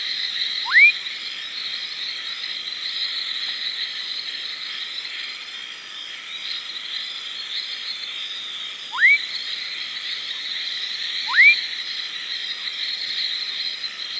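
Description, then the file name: Fuscous foam frog giving three short upslurred whistles, one early and two close together near the end, against a constant high background hum. "Leptodactylus fuscus"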